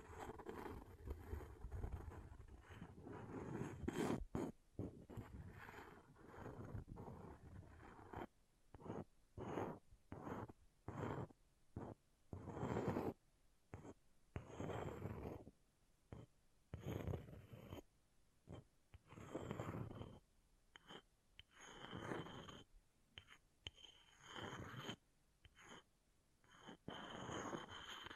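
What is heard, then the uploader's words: Something scratches and scrapes against a surface throughout. For the first eight seconds the rubbing is dense and continuous with a low rumble; after that it breaks into short, rough strokes separated by brief silences, coming in quick, irregular bursts until the end. ASMR Brain Melting Object Scratching (No Talking).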